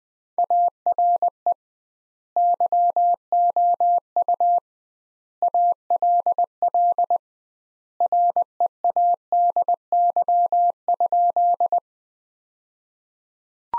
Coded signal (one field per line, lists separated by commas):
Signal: Morse code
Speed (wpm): 20 wpm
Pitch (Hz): 700 Hz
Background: none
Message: ARE YOU ALL READY?